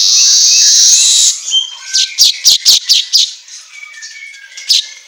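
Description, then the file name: Asian golden weaver ending a long wheezy buzz, then a short burst of about six crisp clicking notes amid light background chirps. Intended for training songbirds, in the Indonesian 'auto gacor' style of vigorous, nonstop chirping. "Suara Kicau Manyar Kepala Emas Auto Gacor"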